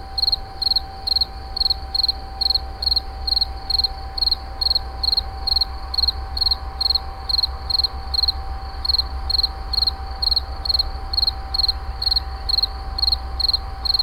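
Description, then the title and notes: Insect keeps up a long run of shrill, evenly spaced chirps, each a tiny pulse train, while a low rumble and steady hum continue. Recorded in 2011 near a wastewater treatment plant at Moulins-sur-Allier. "Insect near WWTP. 2011, Moulins sur allier"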